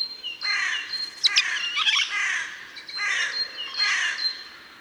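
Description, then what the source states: Eurasian jay giving harsh, raspy screeches, several broad noisy bursts about a second apart, with a steady thin high tone running behind them. Recorded at Landshut on 2 March 2014.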